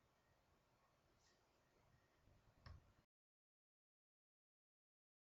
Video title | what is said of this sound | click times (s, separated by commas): Field Stripping the Browning 1919A4: A How-to Guide | you should hear a click when the trigger pin is engaged | 2.7 s